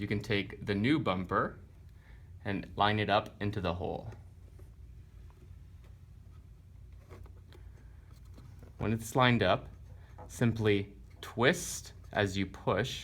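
A new plastic replacement bumper is lined up into the hole of a forward-facing car seat lock-off, ready to be twisted and pushed home. Someone talks, and between the speech there are only faint, small handling taps and rustles. Nothing has seated or clicked yet.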